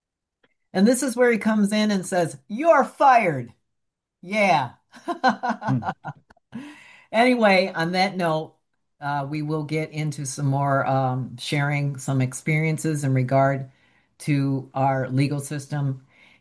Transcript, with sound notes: And this is where he comes in and says, "You're fired." Yeah. (laughs) Anyway, on that note, uh, we will get into some more, um, sharing some experiences in regard to our legal system.